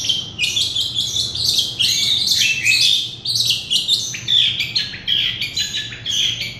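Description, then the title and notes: Oriental magpie-robin singing a continuous stream of high chirps and warbled whistles, varied in pitch, over a faint low hum. "Kicau Kacer. manukmanukan"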